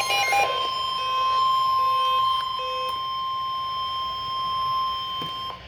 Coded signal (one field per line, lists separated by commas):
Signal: Emergency Alert System (SAME) tones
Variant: 1050 Hz attention tone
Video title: ZERO PRODUCTIVITY AHAHAHAHA (eas alerts from July 21 and 22 2026)